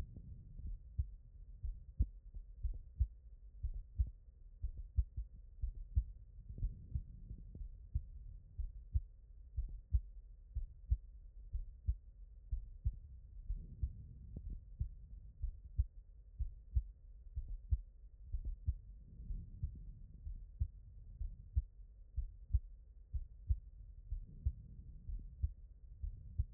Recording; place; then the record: heart sounds by stethoscope; pulmonary valve (PV)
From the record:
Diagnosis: non-HFrEF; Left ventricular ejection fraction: 49%